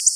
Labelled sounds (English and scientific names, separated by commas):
Black-throated Blue Warbler (Setophaga caerulescens) flight call